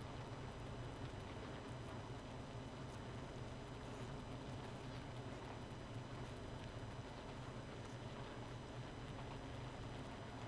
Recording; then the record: honeybee colony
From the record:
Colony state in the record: missing queen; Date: 31 May 2018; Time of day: 0:12